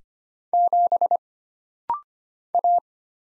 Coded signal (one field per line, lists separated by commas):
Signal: Morse code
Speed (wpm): 25 wpm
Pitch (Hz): 700 Hz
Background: none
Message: 7 A